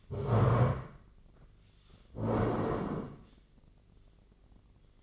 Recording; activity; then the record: daily activity, microphone in the room; stand up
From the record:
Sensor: 4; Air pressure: 1013.2 hPa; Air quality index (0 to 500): 176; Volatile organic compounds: 2 ppm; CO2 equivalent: 1108 ppm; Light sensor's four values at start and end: 47/116/49/53 and 47/117/49/53